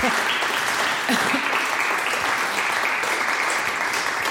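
Sustained audience applause, a dense, steady wash of many hands clapping at even loudness throughout, with a few faint voices mixed in.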